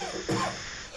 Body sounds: coughing mixed with background sound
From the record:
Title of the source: Cough Around the Clock!

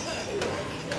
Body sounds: coughing mixed with background sound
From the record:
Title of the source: Spring Cold Coughing 2

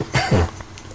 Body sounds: coughing mixed with background sound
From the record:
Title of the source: Dry Coughing Fit in the Afternoon.

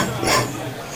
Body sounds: coughing mixed with background sound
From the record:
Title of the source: Spring Cold Coughing 3

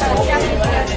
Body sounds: background sound without coughing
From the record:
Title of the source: Nightlife Party Simulating Party Club Noise 1 Hour

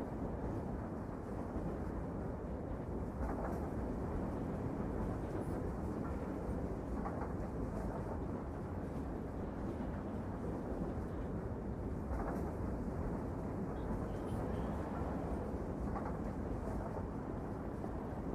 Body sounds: background sound without coughing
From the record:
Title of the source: Train Ride Ambience ambient white noise for sleeping, focus, studying, reading

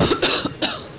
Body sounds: coughing mixed with background sound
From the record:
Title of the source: November cold (wet coughing)

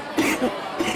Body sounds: coughing mixed with background sound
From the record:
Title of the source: 61 morning phlegmy cough...again

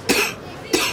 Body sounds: coughing mixed with background sound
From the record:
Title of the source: 64 coughing, allergies, singing lungs

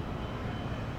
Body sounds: background sound without coughing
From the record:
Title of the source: 30 MINUTES Construction Site Ambience (CC BY 4.0)

